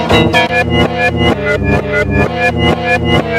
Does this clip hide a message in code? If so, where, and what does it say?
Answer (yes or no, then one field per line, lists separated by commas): no